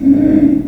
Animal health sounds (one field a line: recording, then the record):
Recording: squeal of a Yucatan mini pig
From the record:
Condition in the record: after surgery on the right vocal fold (resection and tissue-engineered implant)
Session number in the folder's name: 4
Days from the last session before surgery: 26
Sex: female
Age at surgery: 19 weeks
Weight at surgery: 25 kg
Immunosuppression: prednisolone